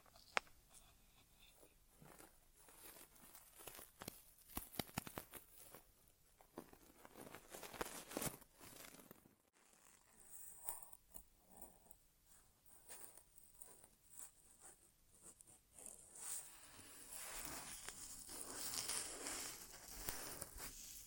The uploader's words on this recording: ASMR Inner Ear Exam (No Talking).